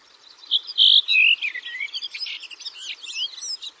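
Bird gives a single high song phrase. A couple of loud whistled notes and a slurred dip lead into a quick, chattering warble of varied twittering notes.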